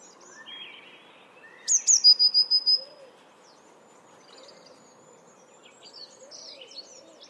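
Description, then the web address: Eurasian blue tit phrase of two sharp high notes dropping into a fast, even trill of about five notes, with scattered faint twitters before and after. "cianscape birddata Deverinetal 2025 File origin Bird Only Cy Ca"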